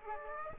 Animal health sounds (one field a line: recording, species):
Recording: mosquito wingbeat signal from an infrared sensor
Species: Aedes aegypti